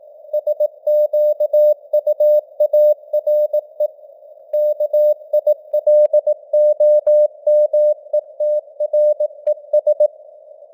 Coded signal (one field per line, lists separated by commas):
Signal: Morse code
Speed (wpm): 18 wpm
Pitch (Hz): 600 Hz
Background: none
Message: SQUARE KILOMETRES